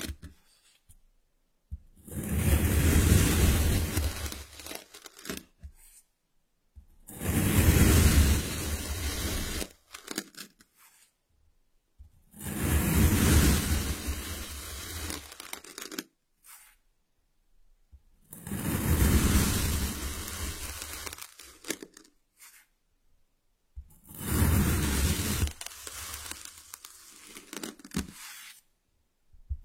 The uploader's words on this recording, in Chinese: 动力沙触发，沙沙声。